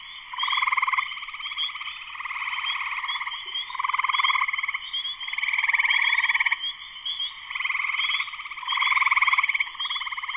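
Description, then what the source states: Many spring peepers calling together, steady high peeps beneath repeated swelling waves of rapid pulsing trills. Full chorus shortly after sunset, Sleeping Bear Dunes National Lakeshore, northern Michigan, USA.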